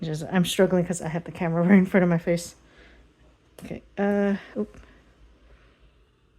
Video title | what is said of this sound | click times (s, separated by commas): Weighted Wonders - UNBOXING | that didn't snap all the way. | none